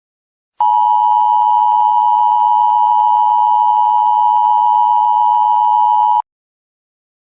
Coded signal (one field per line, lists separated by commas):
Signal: Emergency Alert System (SAME) tones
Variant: 853 and 960 Hz attention tone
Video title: EAS Scenario: The Windy Doomsday